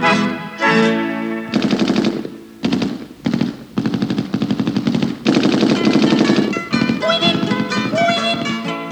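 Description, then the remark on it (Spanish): Loud bursts of rapid gunfire, shots rattling off in quick automatic strings, broken by brief pauses before the firing picks up again and keeps going. “Yo prefiero, hermano, que por separado haga cada bala su presentación.”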